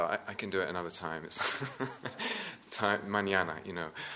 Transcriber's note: laughs